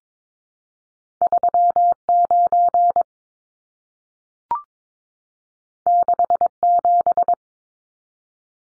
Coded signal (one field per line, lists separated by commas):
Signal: Morse code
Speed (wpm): 22 wpm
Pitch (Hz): 700 Hz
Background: none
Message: 39 67